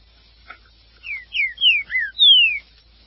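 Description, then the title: Green-winged saltator song: a clear phrase of three falling whistles followed by a long, loud downslurred whistle, in a quiet setting. "Trinca Ferro"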